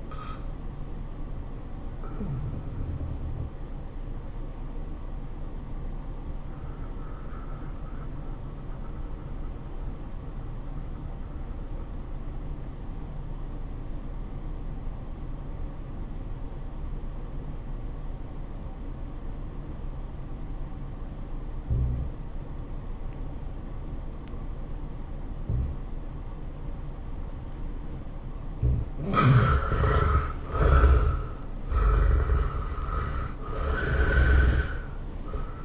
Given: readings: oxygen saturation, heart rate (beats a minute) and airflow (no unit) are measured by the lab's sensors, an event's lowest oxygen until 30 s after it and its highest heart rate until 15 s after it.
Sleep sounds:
breathing in sleep by a smartphone at the bedside; 1
6.00-35.65 s: new sleep stage, REM sleep
11.00-31.20 s: obstructive apnea (REM, oxygen 96% highest, then 73% lowest, heart rate 94 at the start, 107 highest)
From the record:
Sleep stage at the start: N1 (lightest sleep); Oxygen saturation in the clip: 80 to 96%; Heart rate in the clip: 68 to 100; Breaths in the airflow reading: 3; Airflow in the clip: -15.8 to 11.0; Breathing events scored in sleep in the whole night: 403 in 5.5 hours asleep

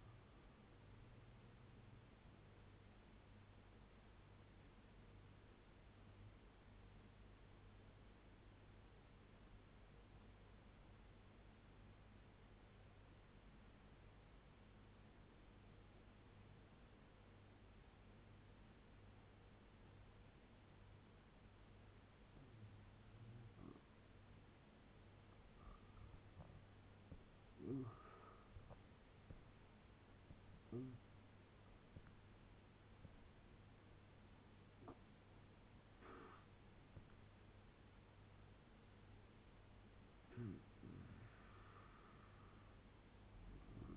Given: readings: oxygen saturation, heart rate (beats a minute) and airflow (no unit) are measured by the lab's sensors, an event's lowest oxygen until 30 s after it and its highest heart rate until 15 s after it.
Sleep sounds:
breathing in sleep by a voice recorder at the bedside; 1
6.00-23.80 s: hypopnea (N2, oxygen 92% highest, then 85% lowest, heart rate 78 at the start, 89 highest)
20.00-43.97 s: new sleep stage, N1 (lightest sleep)
From the record:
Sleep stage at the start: N2 (light sleep); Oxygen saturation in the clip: 85 to 92%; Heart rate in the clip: 73 to 89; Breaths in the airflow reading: 5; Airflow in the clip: -9.4 to 14.3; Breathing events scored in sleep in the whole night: 201 in 6.5 hours asleep

